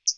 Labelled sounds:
Hooded Warbler (Setophaga citrina) flight call

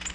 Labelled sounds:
Nashville Warbler (Leiothlypis ruficapilla) flight call

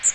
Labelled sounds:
Magnolia Warbler (Setophaga magnolia) flight call

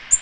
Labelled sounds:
Black-throated Green Warbler (Setophaga virens) flight call

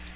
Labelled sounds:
Black-throated Green Warbler (Setophaga virens) flight call

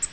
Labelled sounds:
Nashville Warbler (Leiothlypis ruficapilla) flight call

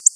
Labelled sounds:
Black-throated Blue Warbler (Setophaga caerulescens) flight call

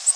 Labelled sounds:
Orange-crowned Warbler (Leiothlypis celata) flight call

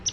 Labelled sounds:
Palm Warbler (Setophaga palmarum) flight call

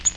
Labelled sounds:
Yellow-rumped Warbler (Setophaga coronata) flight call

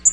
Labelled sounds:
Black-throated Green Warbler (Setophaga virens) flight call

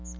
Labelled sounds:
Chestnut-sided Warbler (Setophaga pensylvanica) flight call

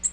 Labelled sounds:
Nashville Warbler (Leiothlypis ruficapilla) flight call

